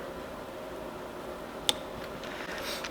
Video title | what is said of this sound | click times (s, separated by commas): HOW-T0: CRF110 LEGACY MINIS LIGHTENED STARTER RING INSTALLATION! HALF THE OEM WEIGHT + FASTER REVS! | You may not hear that audible click, but it did click, so we're at 40 foot-pounds. | 1.7 s